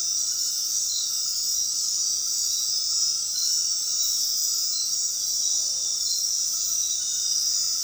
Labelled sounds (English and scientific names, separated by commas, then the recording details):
none
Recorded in dense forest near Puerto Asís, Putumayo, Colombia, on 19 February 2024 at 22:00
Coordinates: 0.466, -76.327
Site G6413